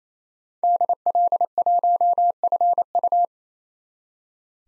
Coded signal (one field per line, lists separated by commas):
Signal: Morse code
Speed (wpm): 27 wpm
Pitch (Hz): 700 Hz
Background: none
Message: DL1FU